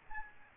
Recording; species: mosquito wingbeat signal from an infrared sensor; Aedes albopictus